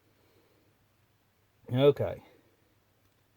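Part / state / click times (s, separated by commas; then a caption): plastic tail light into model car body / not seated / none. A plastic tail light lens for a Jo-Han 1/25 scale 1961 Oldsmobile F-85 station wagon model is handled before being pushed into the body opening. Someone talks briefly around 1.6 to 2.4 seconds against otherwise near silence. Nothing has snapped in or seated yet.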